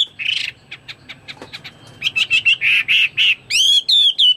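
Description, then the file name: Chinese hwamei song: a loud note, then soft scattered chips, then a burst of loud fluty whistled notes and bright slurs near the end. "omkicau hwamei"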